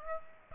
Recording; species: mosquito wingbeat signal from an infrared sensor; Aedes aegypti